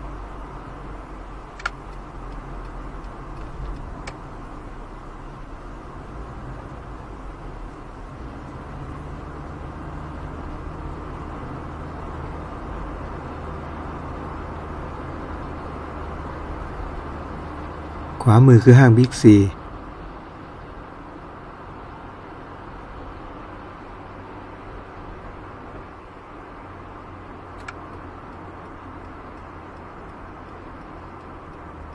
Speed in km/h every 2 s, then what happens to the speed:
42, 39, 37, 37, 41, 47, 52, 53, 54, 56, 59, 63, 66, 66, 65, 63.
0-6 steady at about 37. 6-24 speeds up to 66. 24-32 steady at about 65.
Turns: none.